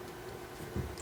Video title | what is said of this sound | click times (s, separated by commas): Transformers Generations Mini Con Team | no cone okay that will snap into place and now we have oh | 1.0 s